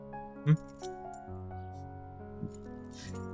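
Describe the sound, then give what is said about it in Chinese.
A few light metallic clinks and a short jingle of keys as a key is handed over ring out over a steady, sustained musical backdrop, with no one speaking. “梅雨琛接过点心盒放在鞋柜上，没有回答白思君的问题，而是给了他一把钥匙。”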